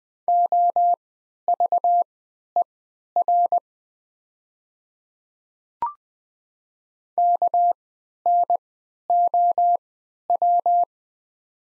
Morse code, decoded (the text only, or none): OVER KNOW